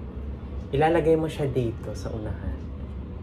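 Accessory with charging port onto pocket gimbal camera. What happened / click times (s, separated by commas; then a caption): Handled, not yet home: the accessory has not clicked onto the camera / none. Someone talks while an accessory with a charging port is handled into place at the front of a DJI Osmo Pocket 3 pocket gimbal camera. Nothing has seated or clicked yet.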